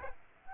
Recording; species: mosquito wingbeat signal from an infrared sensor; Aedes aegypti